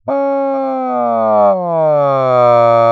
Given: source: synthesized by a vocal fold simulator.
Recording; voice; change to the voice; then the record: sustained vowel; male; asymmetry, level 47 of 51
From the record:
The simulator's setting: 5.60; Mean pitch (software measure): 129 Hz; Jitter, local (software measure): 0.30%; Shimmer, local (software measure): 1.9%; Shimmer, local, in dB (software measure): 0.17 dB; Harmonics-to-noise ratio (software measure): 28.1 dB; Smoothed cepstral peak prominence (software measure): 22.6 dB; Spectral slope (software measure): -19.0 dB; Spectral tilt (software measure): -13.0 dB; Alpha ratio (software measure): -9.5 dB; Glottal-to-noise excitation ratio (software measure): 0.957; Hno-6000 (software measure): 2.8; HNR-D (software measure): 25.8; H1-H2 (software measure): -4.8 dB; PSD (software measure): 1.1e-03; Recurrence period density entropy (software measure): 0.113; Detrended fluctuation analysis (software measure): 0.0429